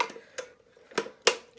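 A second beater is pushed into the correct socket of a hand mixer, with sharp plastic ticks at about 0.0, 0.4 and 1.0 seconds as it is worked in. It snaps home with a loud click at 1.3 seconds, and the beater is seated.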